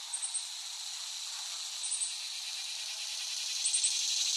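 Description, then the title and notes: Cicadas buzzing in a bright, constant hiss, punctuated by clusters of short high chirps about every two seconds, gradually growing louder. Cicadas, West Brighton, Staten Island, late summer 2008. "Dronecast. The Cicadas of Summer. Recording of cicadas made by Dan Bodah in West Brighton, Staten Island, late summer 2008"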